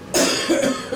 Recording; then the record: coughing mixed with background sound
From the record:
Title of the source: Residual Phlegmy Morning Coughing and Gagging